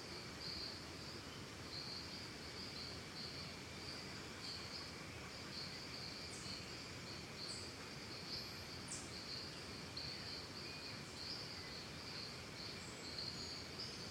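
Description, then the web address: Cricket: regular pulsed chirping from a cricket carries through the whole stretch, joined midway by a few thin, high bird calls against gentle ambient hiss. Calm forest and jungle ambience recorded in Costa Rica, crickets together with birds. "Big Room Sound Birds Crickets Costa Rica Calm"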